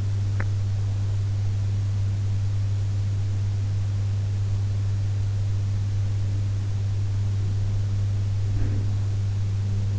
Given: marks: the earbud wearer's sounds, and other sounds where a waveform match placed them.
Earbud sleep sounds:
sounds in sleep by an in-ear microphone; teeth grinding
0.00-1.04 s: teeth grinding
8.20-9.99 s: sound from someone else or the room

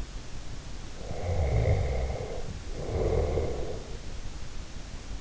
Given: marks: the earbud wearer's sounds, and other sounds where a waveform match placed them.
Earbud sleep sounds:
sounds in sleep by an in-ear microphone; snoring breath
1.08-4.07 s: snoring breath

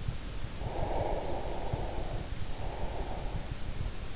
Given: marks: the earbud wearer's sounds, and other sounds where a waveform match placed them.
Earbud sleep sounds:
sounds in sleep by an in-ear microphone; breath
0.48-3.62 s: breath

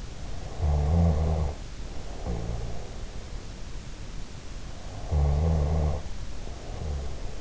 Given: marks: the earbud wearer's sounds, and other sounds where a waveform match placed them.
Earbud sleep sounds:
sounds in sleep by an in-ear microphone; snoring breath
0.30-2.95 s: snoring breath
4.92-7.41 s: snoring breath

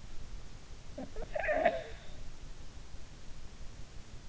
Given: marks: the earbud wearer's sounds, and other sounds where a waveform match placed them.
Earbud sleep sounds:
sounds in sleep by an in-ear microphone; snoring breath
0.96-2.00 s: snoring breath

